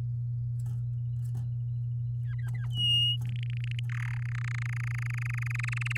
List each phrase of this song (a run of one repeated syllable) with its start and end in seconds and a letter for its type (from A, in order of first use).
2.23-2.65 A, 2.70-3.17 B, 3.25-3.79 C, 3.89-4.20 D, 4.22-5.98 E